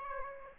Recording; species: mosquito wingbeat signal from an infrared sensor; Aedes aegypti